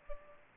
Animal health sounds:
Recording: mosquito wingbeat signal from an infrared sensor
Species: Aedes albopictus

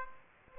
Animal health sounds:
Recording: mosquito wingbeat signal from an infrared sensor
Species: Aedes aegypti

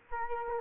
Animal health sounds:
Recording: mosquito wingbeat signal from an infrared sensor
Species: Culex quinquefasciatus

